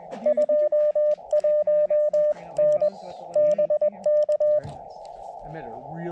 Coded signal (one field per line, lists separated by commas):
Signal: Morse code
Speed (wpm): 20 wpm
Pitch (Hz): 590 Hz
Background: speech, radio noise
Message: 21N BK